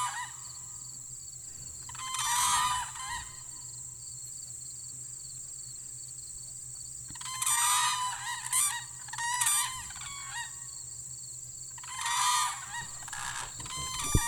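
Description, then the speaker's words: Whooping crane calls in a few bursts of bugling, harmonic notes, with pauses in between. Two whooping cranes calling; birds described as almost five feet tall and flying in great spirals. "And here we have the sound of the whooping crane, two of them."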